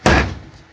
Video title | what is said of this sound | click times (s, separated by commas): hho gravelle new panel.mp4 | snap right in place | 0.1 s